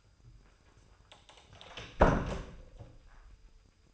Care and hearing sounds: daily activity, microphone in the room; close door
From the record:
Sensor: 2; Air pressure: 996.0 hPa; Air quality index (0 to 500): 60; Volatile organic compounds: 2 ppm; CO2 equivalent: 1306 ppm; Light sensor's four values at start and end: 11/27/11/12 and 11/27/11/12

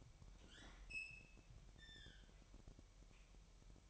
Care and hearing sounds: daily activity, microphone in the room; open fridge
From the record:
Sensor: 1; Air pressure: 1001.9 hPa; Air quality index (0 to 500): 241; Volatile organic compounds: 47 ppm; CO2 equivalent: 3253 ppm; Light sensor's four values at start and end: 8/28/10/11 and 8/28/10/11

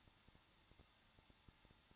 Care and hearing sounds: daily activity, microphone in the room; no activity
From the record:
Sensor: 3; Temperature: 21.2 degrees Celsius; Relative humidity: 36.4%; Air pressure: 1006.4 hPa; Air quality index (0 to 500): 224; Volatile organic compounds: 44 ppm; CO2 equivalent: 3211 ppm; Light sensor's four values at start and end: 2/3/2/2 and 2/3/2/2

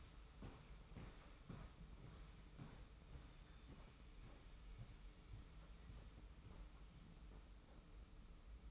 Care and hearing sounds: daily activity, microphone in the room; walk to room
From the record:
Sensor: 1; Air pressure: 991.2 hPa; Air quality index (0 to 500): 91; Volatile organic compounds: 32 ppm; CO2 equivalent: 3002 ppm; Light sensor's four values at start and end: 34/111/44/45 and 35/114/45/46

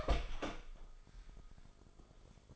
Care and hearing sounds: daily activity, microphone in the room; open door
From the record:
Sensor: 5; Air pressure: 1004.9 hPa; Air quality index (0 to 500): 106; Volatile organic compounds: 2 ppm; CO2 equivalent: 1295 ppm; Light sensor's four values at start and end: 35/82/33/32 and 35/81/33/32

